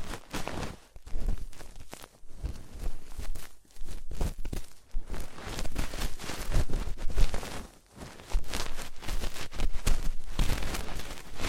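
Ear cleaning sounds: dense, crackly scraping and rubbing come in bursts of a second or two, broken by short silent gaps near 1, 2, 5 and 8 seconds. The scratchy texture stays bright and busy throughout, with occasional soft thumps underneath.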